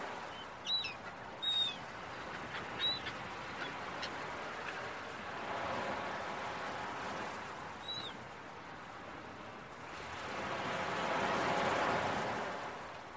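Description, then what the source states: Gull calls, a quick run of short yelping notes in the opening seconds and another later, over a constant wash of waves on the shore. Seagulls calling with beach waves early in the morning.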